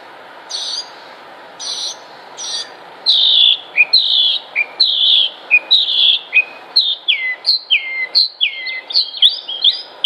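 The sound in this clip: Bird singing clear whistled notes, some sliding downward, at first spaced out and then quickening into a lively run of overlapping slurred phrases.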